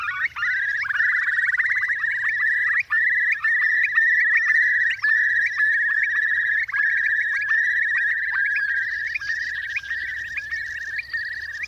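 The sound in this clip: Eurasian Curlew bubbling song, a loud continuous trill held at a steady pitch for the whole stretch, with a few brief gaps.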